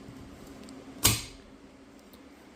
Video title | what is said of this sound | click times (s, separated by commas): frontier fb35 chainbrake walk through | you'll hear a snap | 1.0 s